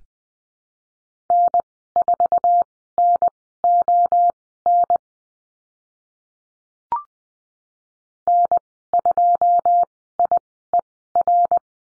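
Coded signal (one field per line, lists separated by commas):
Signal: Morse code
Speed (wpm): 20 wpm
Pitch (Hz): 700 Hz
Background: none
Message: N4NON N2IER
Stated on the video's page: Morse code course lesson on call signs, Farnsworth speed 20/10 wpm.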